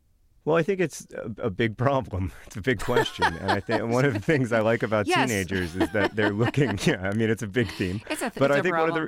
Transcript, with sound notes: Well, I think it's a big problem. It's a big question.
(Laughter) It's big - yes.
And I think - and one of the things I like about teenagers is that they're looking - yeah, I mean, it's a big theme.